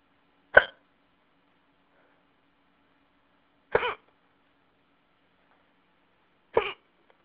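Three sharp, brief voiced gulps about three seconds apart: repeated hiccups, involuntary diaphragm spasms.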